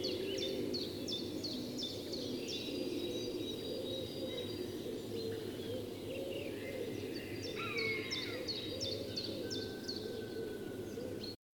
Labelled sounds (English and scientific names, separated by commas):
Common Buzzard (Buteo buteo) call